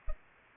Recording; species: mosquito wingbeat signal from an infrared sensor; Anopheles arabiensis